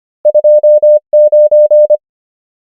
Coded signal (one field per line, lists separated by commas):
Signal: Morse code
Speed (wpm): 25 wpm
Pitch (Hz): 600 Hz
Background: none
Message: 2 9